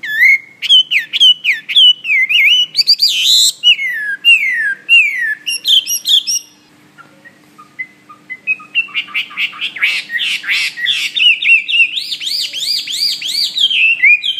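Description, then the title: Bird singing varied looping whistled phrases, falling silent for about two seconds, then resuming with fast buzzy chatter and sweeping whistles. "SuaraBurung Kicau"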